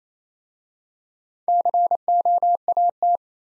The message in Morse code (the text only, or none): COAT